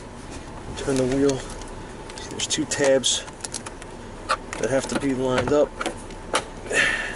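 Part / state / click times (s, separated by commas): steering column piece going onto the steering column of an SUV / seated / 6.4 s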